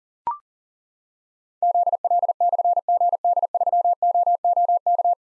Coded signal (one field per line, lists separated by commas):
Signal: Morse code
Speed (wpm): 42 wpm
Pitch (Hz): 700 Hz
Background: none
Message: ZL/GD3OOK